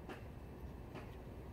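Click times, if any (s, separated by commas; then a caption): none. A full pop watch face is lined up with its silicone pop band before being pressed in, with only faint handling noise over a steady low background rumble. Nothing has clicked or seated yet.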